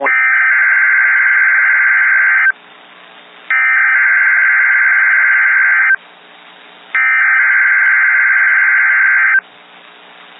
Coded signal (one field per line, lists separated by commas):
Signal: Emergency Alert System (SAME) tones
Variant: header bursts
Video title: Required Weekly Test (EAS 276)